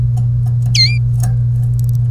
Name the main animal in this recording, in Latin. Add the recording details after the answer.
Serinus canaria. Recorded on 1 May 2018 at 07:41. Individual llb3